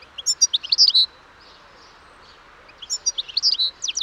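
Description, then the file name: European goldfinch song: two quick bursts of liquid, tinkling twitters, the first at the start and the second near the end, with a quiet gap between. "Carduelis carduelis"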